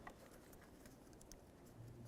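A plastic electrical connector is handled as it is plugged into the door corner trim piece during a front door lock actuator replacement on a 2000–2005 Buick LeSabre. Only faint, soft taps and rustling are heard, with a few brief, sharp ticks near 0.1, 0.5, 1.2 and 1.3 seconds over a low background hum. Nothing has seated or clicked yet.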